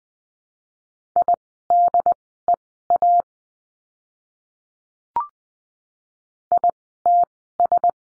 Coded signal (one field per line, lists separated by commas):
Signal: Morse code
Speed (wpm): 20 wpm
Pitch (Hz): 700 Hz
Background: none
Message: IDEA ITS